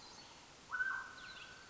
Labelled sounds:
Mountain Quail
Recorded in Sonoma County, California

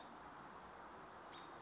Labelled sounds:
American Robin
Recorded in Sonoma County, California

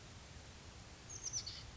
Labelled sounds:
Oak Titmouse
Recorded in Sonoma County, California

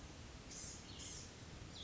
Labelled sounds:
Blue-gray Gnatcatcher
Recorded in Sonoma County, California

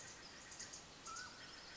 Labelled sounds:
Mountain Quail
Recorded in Sonoma County, California

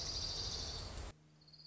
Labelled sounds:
Orange-crowned Warbler
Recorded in Sonoma County, California

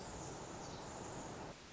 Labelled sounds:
Pacific Wren
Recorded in Sonoma County, California

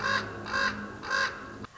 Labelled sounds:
Common Raven
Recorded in Sonoma County, California

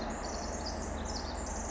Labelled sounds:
Pacific Wren
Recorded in Sonoma County, California

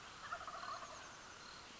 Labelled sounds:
Wild Turkey
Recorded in Sonoma County, California

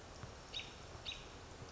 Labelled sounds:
American Robin
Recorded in Sonoma County, California

